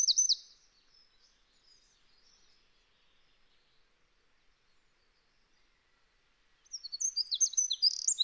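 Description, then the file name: Eurasian wren song: rapid high trilling notes at the very start, then a long quiet gap, then another burst of fast, sharp high notes from about seven seconds. "Troglodytes troglodytes"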